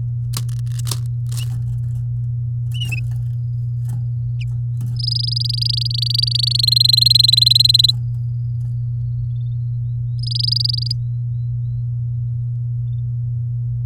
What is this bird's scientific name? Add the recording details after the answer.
Serinus canaria. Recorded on 9 May 2018 at 09:26. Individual llb16